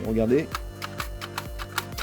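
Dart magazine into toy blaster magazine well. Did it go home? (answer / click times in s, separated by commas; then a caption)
no / none. Someone talks, then pushes an incompatible Dart Zone MK3 foam-dart magazine into the magazine well of a CDA S plastic dart blaster. Several small plastic knocks sound between about 0.8 and 1.8 s. Nothing seats or clicks: the magazine cannot go all the way in, so it never latches.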